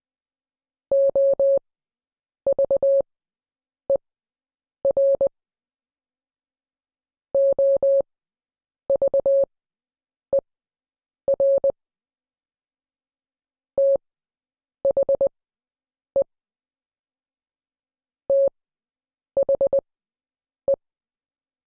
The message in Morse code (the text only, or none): OVER OVER THE THE